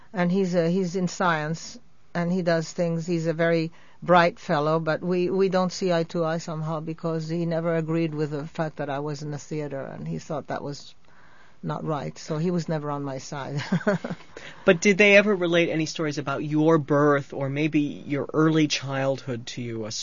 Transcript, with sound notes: And he's, uh, he's in science, and he does things, he's a very bright fellow, but we don't see eye to eye somehow, because he never agreed with the fact that I was in the theater, and he thought that that was not right, so he was never on my side. ( she laughs )
But did they ever relate any stories about your birth, or maybe your early childhood, to you?